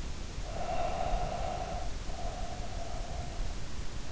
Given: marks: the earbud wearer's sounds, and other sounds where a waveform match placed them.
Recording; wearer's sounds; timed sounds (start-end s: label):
sounds in sleep by an in-ear microphone; breath
0.41-3.69 s: breath